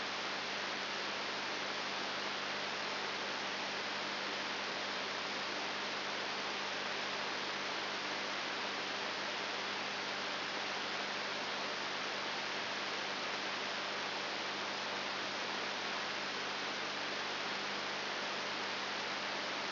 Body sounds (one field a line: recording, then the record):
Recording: brain microelectrode recording played as sound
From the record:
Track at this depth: inside the subthalamic nucleus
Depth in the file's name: 5.301 mm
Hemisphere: left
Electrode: 3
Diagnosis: Parkinson's disease